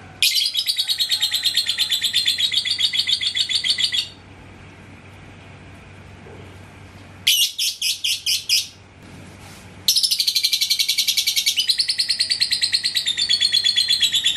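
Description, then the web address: Lovebird giving bursts of rapid, shrill, buzzy chatter. A quiet gap follows the first burst, then a few short squeaks, then the chattering resumes. "love-bird suara-lovebird-paud"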